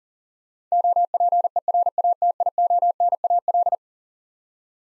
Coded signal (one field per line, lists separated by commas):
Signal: Morse code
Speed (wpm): 40 wpm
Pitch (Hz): 700 Hz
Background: none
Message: OPERATIONAL